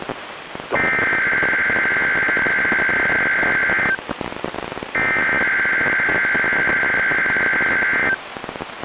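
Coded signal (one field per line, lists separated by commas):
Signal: Emergency Alert System (SAME) tones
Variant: header bursts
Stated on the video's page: Weekly test from weather radio transmitters KHB36 and WXM42, received on many weather radios.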